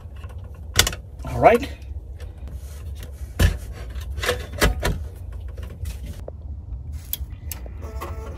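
A second DDR3 memory module is pressed into a DIMM slot on the motherboard of an HP Compaq Elite 8300 Small Form Factor desktop PC. It snaps into place with a sharp click at 0.8 s, followed by fainter taps and handling noises. Someone talks as the module seats.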